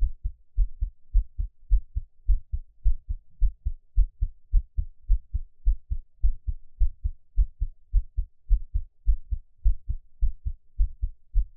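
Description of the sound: Steady, deep lub-dub thumps of an adult's own heartbeat repeat in a regular rhythm, about 105 beats a minute, with no talking or other sounds. This is a heartbeat with a regular rhythm at a mildly quick pace, offered as ASMR.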